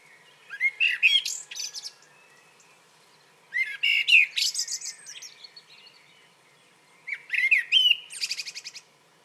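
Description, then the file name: Common blackbird singing three phrases roughly three seconds apart, each starting with mellow fluted notes and ending in a thin, high-pitched chattering flourish. "Turdus merula"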